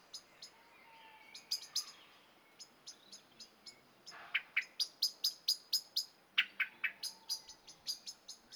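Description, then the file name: Common blackbird call notes: sharp, clicking ticks repeated about twice a second, growing louder and quicker midway, with occasional lower, fuller chucks mixed in. "Turdus merula"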